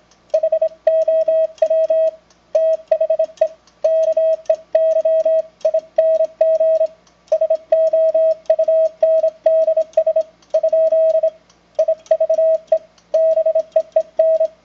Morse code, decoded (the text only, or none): HOW THE KEYING SOUNDS ? IVE BEEN